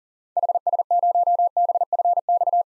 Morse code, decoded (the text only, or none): HS0BFX